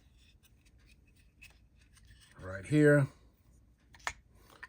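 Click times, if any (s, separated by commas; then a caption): 4.1 s. Someone talks briefly, then a plastic privacy cover or mount clip is pressed onto an OBSBOT Meet 4K webcam. A sharp snap is heard at 4.1 s as the piece seats into place, followed by a few faint taps.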